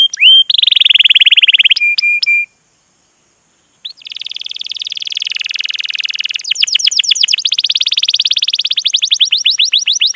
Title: PANCINGAN Kenari GACOR PANJANG. Pancingan Gacor Masteran